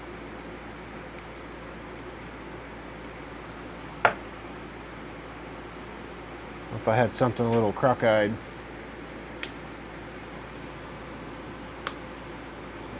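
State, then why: Seated. A contact-breaker points assembly is pressed home onto the ignition backing plate of a KZ400 motorcycle engine, over a steady background hum, with someone talking briefly and a few faint knocks earlier. A sharp, short snap at 11.9 s marks the points assembly seating into place.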